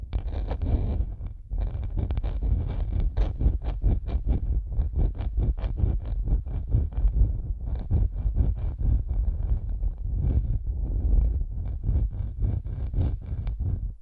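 Headphones used as a microphone pick up dense, rubbing massage sounds, heavy and muffled with strong low rumble. Quick scratchy taps and brushing strokes repeat rapidly throughout, with a brief dip near the one-second mark and a steady loudness otherwise.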